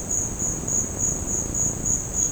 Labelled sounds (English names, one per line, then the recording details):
none
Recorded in secondary vegetation near Puerto Asís, Putumayo, Colombia, on 9 March 2025 at 15:00
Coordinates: 0.481, -76.318
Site G097